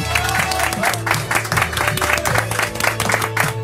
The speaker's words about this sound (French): Applaudissements pour Nicolas.